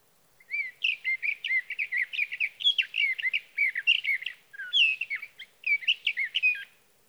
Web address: birdsongforthecurious Sage Thrasher